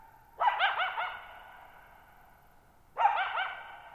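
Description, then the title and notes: Coyote giving two quavering bark-yips about two and a half seconds apart, each a cluster of wobbling notes that fades slowly into echo. Lone coyote at night, July 14, 2019, Thirtymile Meadows, Okanogan National Forest, Okanogan High Country, 6400 ft (1950 m); tall sharp mountains on a high, mostly dry plateau; shallow bowl-shaped meadow; quiet burbling and rippling from boggy ground. "Lone Coyote at Thirtymile Meadows. I spent the night of July 14, 2019, camped near Thirtymile Meadows in the Okanogan National Forest at 6400 ft (1950 m)"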